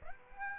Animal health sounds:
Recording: mosquito wingbeat signal from an infrared sensor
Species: Aedes aegypti

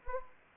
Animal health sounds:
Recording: mosquito wingbeat signal from an infrared sensor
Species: Anopheles gambiae

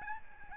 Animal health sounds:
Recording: mosquito wingbeat signal from an infrared sensor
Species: Aedes albopictus

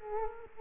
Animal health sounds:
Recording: mosquito wingbeat signal from an infrared sensor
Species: Culex quinquefasciatus

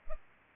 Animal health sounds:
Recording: mosquito wingbeat signal from an infrared sensor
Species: Culex pipiens

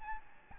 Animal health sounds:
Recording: mosquito wingbeat signal from an infrared sensor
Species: Aedes albopictus

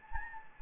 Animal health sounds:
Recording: mosquito wingbeat signal from an infrared sensor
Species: Anopheles gambiae

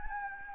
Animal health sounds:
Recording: mosquito wingbeat signal from an infrared sensor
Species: Anopheles gambiae

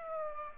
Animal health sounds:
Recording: mosquito wingbeat signal from an infrared sensor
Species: Aedes aegypti

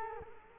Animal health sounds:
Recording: mosquito wingbeat signal from an infrared sensor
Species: Culex quinquefasciatus

